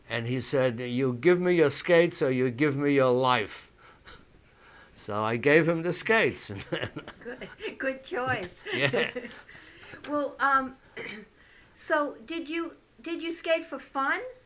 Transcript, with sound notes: And he said, "You give me your skates, or you give me your life." So I gave him the skates.
Good choice. ( they laugh ) Well, um, so, did you, did you skate for fun?